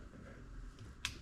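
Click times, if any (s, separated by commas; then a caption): 1.0 s. A wiring harness connector on a Firebird is slid onto its plug on the engine and clicks home with one sharp, bright click at 1.0 s (reported at 1.05 s), over a low background rumble. The connector is seated and confirmed good.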